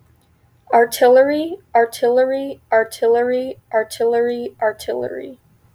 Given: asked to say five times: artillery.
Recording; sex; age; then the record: repeated word; female; 20 to 29 years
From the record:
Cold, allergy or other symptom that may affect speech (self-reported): no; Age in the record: 24 years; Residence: Illinois, United States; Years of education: 18